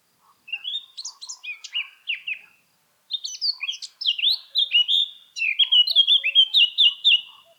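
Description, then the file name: Eurasian blackcap song: two bursts of varied warbling, the second a long, loud series of clear fluting notes sliding downward. "Sylvia atricapilla"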